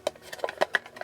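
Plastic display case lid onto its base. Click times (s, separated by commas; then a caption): 0.8 s. The plastic display-case lid of an Altaya 1/5 scale helmet model is pressed shut onto its base after being a struggle to open. A series of light plastic taps and clatters leads up to a loud, sharp click at 0.8 s as the lid clips firmly into place. A few softer ticks follow.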